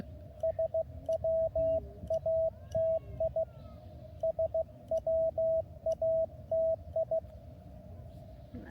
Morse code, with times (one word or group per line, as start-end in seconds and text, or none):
0.4-3.4 SWATI
4.2-7.2 SWATI